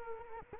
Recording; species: mosquito wingbeat signal from an infrared sensor; Culex quinquefasciatus